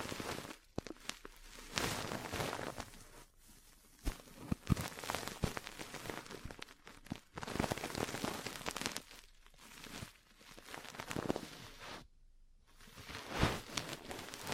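Ear cleaning and massage sounds: dense, crackly rustling and rubbing that swells and fades in irregular bursts, with sharp taps and pops scattered throughout. The texture is bright and grainy, much like rain patter. Brief pauses break the sound, the longest near the twelve-second mark.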